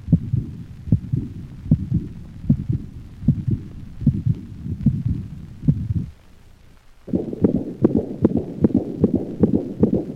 Characteristically diminishes in intensity after its onset and is called a decrescendo diastolic murmur. How the normal heart sound pattern is disrupted by this high-frequency diastolic murmur. Listen to the murmur of aortic insufficiency played at slow speed and then increase to a normal rate.